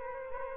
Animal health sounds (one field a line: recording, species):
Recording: mosquito wingbeat signal from an infrared sensor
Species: Culex quinquefasciatus